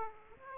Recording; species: mosquito wingbeat signal from an infrared sensor; Aedes aegypti